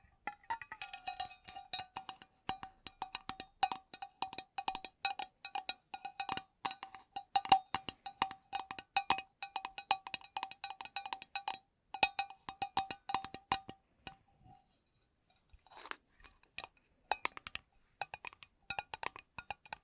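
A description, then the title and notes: Addictive tapping: quick, dense bright clicks over a steady ringing tone that fades near fifteen seconds, then sparser taps resume. ASMR Addictive Tapping.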